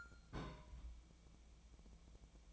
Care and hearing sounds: daily activity, microphone in the room; place on stove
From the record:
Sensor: 1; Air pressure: 1000.0 hPa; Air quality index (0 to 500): 135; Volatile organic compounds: 2 ppm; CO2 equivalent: 1281 ppm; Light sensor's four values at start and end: 38/96/40/50 and 38/96/40/50

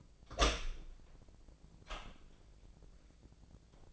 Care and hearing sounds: daily activity, microphone in the room; open door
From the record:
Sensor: 5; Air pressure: 1009.3 hPa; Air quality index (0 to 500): 168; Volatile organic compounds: 2 ppm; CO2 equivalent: 1283 ppm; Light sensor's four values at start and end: 186/443/188/204 and 186/443/188/204

